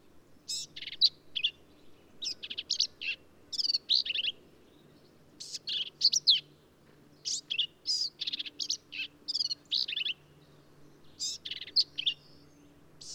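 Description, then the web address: Black-capped vireo singing almost continuously, a busy sequence of short, varied, scratchy and whistled phrases with brief gaps, over a low faint hum. "birdsongforthecurious Black-capped Vireo"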